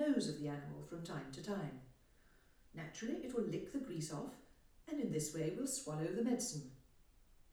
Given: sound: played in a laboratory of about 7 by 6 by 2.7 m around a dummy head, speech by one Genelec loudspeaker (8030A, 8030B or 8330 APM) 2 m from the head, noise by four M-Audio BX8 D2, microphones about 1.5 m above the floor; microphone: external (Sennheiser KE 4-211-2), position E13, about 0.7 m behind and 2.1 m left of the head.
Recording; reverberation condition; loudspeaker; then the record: female speech in English; medium; 30 degrees to the right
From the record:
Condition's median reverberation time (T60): about 510 ms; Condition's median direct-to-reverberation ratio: about -0.5 dB